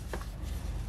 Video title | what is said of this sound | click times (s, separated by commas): How to fix/clean a samsung galaxy watch bezel | try that again quickly and then just wriggle it about until it clicks and there we go | 0.1 s, 0.2 s